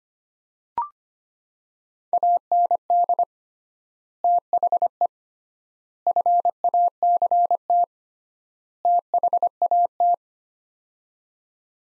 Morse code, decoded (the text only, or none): AND THE FACT THAT